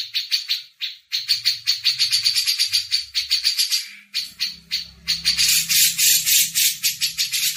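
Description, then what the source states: Grey-cheeked bulbul giving a steady run of harsh rattling notes with a faint low hum beneath. Masteran audio used as tutor recording for training cage birds.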